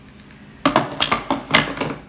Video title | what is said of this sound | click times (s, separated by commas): Introduction to The Creami Kitchen - Healthy Vegan Ice Cream | It clicks on there, and then when you lift it up, everything lights up. | 0.7 s